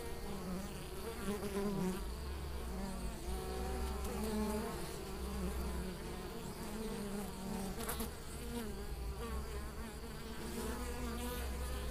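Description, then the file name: Western honey bee buzz, a thick continuous hum with wavering tones. "apis mellifera"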